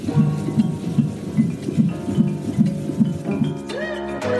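Fetal heartbeat heard by Doppler ultrasound, a rapid regular pulsing at about 150 beats per minute, with background music.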